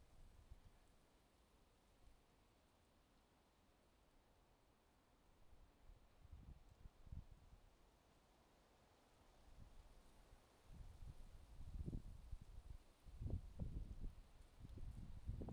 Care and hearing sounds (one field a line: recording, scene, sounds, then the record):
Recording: everyday scene through a hearing-aid microphone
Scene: wind on the microphone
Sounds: wind, traffic, birds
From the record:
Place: suburban garden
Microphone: in the ear canal, left